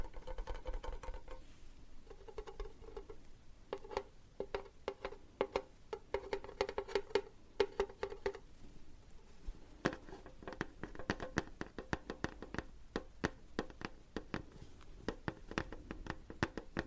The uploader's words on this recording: Tapping. In dieser Folge tippe ich für pure Entspannung, auf verschiedenen Gegenständen.